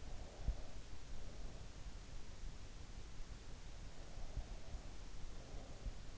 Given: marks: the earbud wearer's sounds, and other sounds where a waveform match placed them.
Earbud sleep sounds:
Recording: sounds in sleep by an in-ear microphone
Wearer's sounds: breath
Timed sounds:
0.00-1.95 s: breath
3.82-6.09 s: breath

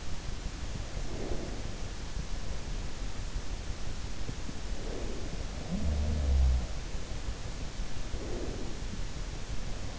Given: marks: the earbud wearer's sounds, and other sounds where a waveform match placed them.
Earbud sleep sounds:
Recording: sounds in sleep by an in-ear microphone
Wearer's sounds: breath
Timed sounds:
0.00-2.57 s: breath
4.45-7.08 s: sound from someone else or the room
7.65-9.99 s: breath

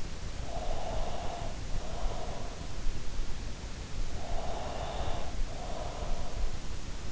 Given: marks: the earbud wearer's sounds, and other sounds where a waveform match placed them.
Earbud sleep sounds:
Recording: sounds in sleep by an in-ear microphone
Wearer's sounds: breath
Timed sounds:
0.44-2.61 s: breath
4.44-6.67 s: breath

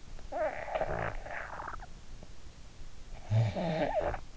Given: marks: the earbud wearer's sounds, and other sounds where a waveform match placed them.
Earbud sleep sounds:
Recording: sounds in sleep by an in-ear microphone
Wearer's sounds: snoring breath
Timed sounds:
0.04-1.94 s: snoring breath
3.24-4.27 s: snoring breath

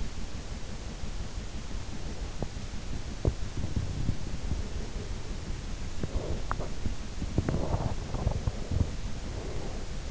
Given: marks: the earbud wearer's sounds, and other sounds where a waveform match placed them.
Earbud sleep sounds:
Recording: sounds in sleep by an in-ear microphone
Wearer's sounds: breath, teeth grinding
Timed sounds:
0.00-2.68 s: breath
2.26-2.68 s: teeth grinding
3.10-4.69 s: teeth grinding
3.36-5.72 s: breath
5.91-8.95 s: teeth grinding
7.98-10.11 s: breath

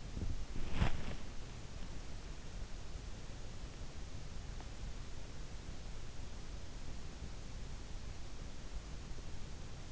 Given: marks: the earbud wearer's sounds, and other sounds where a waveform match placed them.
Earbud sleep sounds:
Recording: sounds in sleep by an in-ear microphone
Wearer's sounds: body movement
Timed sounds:
0.00-1.32 s: body movement

